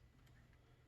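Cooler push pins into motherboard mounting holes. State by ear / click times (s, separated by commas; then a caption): not seated / none. Remaining plastic push pins of a CPU cooler for a Celeron G5900 10th-gen LGA 1200 processor are being pressed into the mounting holes of an ROG Strix B460-I Gaming motherboard. A steady low hum runs throughout with a few faint, soft ticks. Nothing has seated or clicked yet.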